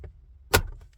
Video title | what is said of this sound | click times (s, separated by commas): Kako Zamijeniti Ručicu-Kuglu Mjenjaca Citroen C4 - Korak po Korak Vodič | Här är det bara ett klick. | 0.6 s